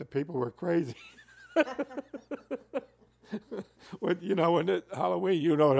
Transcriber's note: laughs